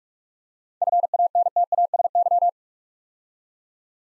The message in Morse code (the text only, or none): FANTASY